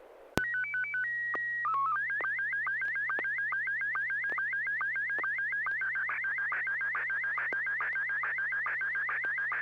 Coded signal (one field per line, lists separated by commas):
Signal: SSTV (slow-scan television)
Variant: Scottie 1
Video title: N6NA SSTV Net - 04/30/2025